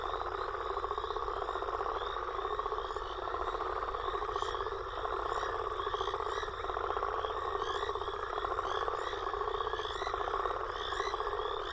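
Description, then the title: Frogs and toads in full chorus, steady buzzy trilling under frequent short upswept chirps repeated by several callers. Frog and toad chorus recorded after a storm. "Frog And Toad Chorus Post Storm With Thunder"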